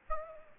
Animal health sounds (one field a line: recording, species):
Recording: mosquito wingbeat signal from an infrared sensor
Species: Aedes aegypti